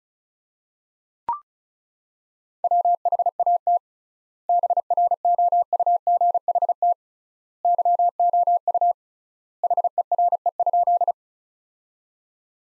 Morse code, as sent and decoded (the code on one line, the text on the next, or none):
.-- .... .- - / -... .-. --- ..- --. .... - / -.-- --- ..- / .... . .-. . ..--..
WHAT BROUGHT YOU HERE?